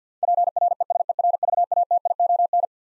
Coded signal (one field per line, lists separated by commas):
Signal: Morse code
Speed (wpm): 50 wpm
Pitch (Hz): 700 Hz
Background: none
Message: PRESERVATION